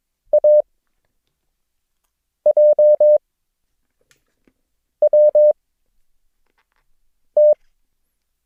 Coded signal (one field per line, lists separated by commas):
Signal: Morse code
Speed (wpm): 22 wpm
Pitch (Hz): 600 Hz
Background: none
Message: A J W T